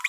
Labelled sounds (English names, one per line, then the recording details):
Green-rumped Parrotlet babbling
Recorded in a nest box in Venezuela
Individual 18B25A5